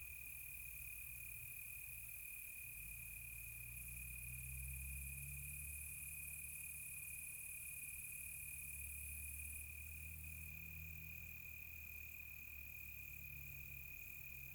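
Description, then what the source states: Crickets keep up a steady high trill over a shifting low rumble. Close crickets on a quiet tropical night.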